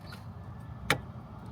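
A high beam bulb in the headlight housing of a 2015–2022 Honda Civic is turned anti-clockwise. Its twist-lock gives a little, sharp click at 0.9 s as it comes free over a low steady background hum. The bulb is released and comes out of the housing.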